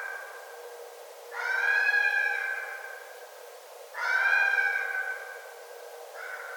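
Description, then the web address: Red fox calls: two drawn-out, harmonic, slightly wavering cries about one and a half seconds long, roughly two and a half seconds apart, with a third cry beginning at the end. Recorded on 9 December 2011. "Red Fox 2011 12 09"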